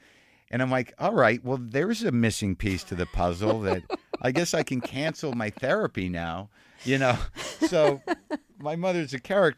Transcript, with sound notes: And I'm like, all right. Well, there's a missing piece to the puzzle. I guess I can cancel my therapy now. You know?
(LAUGHTER)
So my mother's a character.